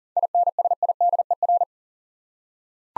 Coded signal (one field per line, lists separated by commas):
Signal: Morse code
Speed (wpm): 40 wpm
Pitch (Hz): 700 Hz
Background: none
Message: INSIDER